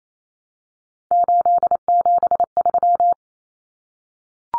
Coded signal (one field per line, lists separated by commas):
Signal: Morse code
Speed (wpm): 28 wpm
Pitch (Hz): 700 Hz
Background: none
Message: 873